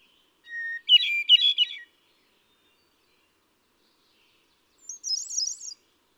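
Hermit thrush delivering a low held note and a double rippling flourish, then a pause before a thin, much higher fluttering phrase.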